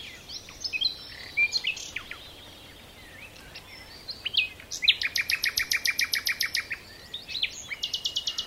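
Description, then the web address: Common nightingale song: varied chirps and whistles, then a loud rapid series of repeated metallic notes from about five seconds, followed by another fast trill. "SETE data Luscinia megarhynchos"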